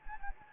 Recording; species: mosquito wingbeat signal from an infrared sensor; Anopheles gambiae